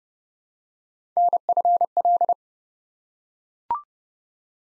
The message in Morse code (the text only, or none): NFL